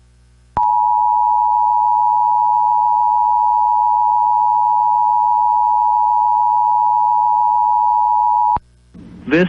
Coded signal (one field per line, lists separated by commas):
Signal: Emergency Alert System (SAME) tones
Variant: 853 and 960 Hz attention tone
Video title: EAS 2x Winter Storm Warning North Missouri and Southern Iowa NOAA Weather Radio +WeatherSTAR4000